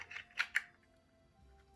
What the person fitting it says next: And just make sure it snaps in place like that.